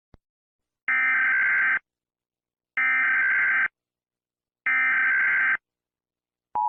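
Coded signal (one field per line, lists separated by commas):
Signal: Emergency Alert System (SAME) tones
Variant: header bursts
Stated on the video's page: Fictional EAS scenario.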